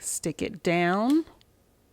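A color pen is being pushed down into the opened accessory clamp of a Cricut Maker 3 cutting machine while someone talks. Nothing has seated or clicked yet, and the clip ends just before the pen goes home.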